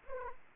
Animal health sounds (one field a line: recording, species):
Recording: mosquito wingbeat signal from an infrared sensor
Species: Anopheles arabiensis